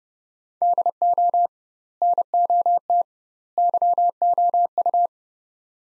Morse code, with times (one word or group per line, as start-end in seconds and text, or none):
0.6-1.5 DO
2.0-3.0 NOT
3.6-5.1 YOU